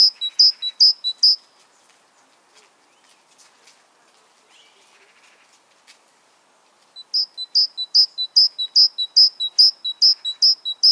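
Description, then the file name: Great tit repeating sharp two-note phrases in two runs, with a few soft buzzy notes between them. "Parus major"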